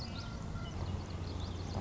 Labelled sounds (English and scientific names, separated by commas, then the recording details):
Common Yellowthroat (Geothlypis trichas)
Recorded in Sonoma County, California